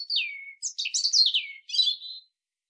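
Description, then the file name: European robin singing liquid, descending whistles followed by a rapid jumble of high, tinkling notes and a short closing warble. "Erithacus rubecula"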